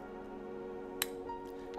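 A heavy metal cap is pushed onto an Afnan Turathi Blue perfume bottle and clicks securely closed at 1.0 s, a single sharp, bright click over steady background music. The cap can be hard to close, but once it clicks in place it holds firmly.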